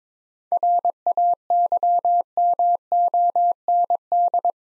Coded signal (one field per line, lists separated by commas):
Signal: Morse code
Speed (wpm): 22 wpm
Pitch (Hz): 700 Hz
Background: none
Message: RAYMOND